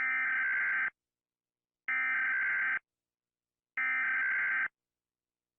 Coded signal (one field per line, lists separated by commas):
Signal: Emergency Alert System (SAME) tones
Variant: header bursts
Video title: Rating EAS alarms!